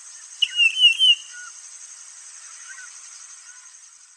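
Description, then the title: Bird song: one wavering whistled phrase near the start, followed by a few faint, short, lower notes against a constant high-pitched hiss. "LuckyPassaro Completos2Sama"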